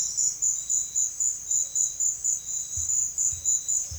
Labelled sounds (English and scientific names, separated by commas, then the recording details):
none
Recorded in secondary vegetation near Puerto Asís, Putumayo, Colombia, on 24 June 2025 at 16:00
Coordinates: 0.500, -76.326
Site GP08